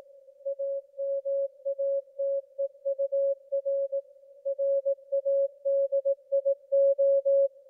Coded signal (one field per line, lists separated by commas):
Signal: Morse code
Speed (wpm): 18 wpm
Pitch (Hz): 550 Hz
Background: music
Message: AMATEUR RADIO